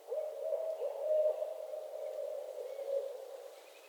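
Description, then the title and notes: Barred owl giving a long, wavering hoot with slight rises and falls before fading away; faint background hiss. Owls starting their calls during mating season in northern Michigan, a couple of miles from the intended recording spot. "Barred Owl Mating Season in Northern Michigan. Nature is my Jam"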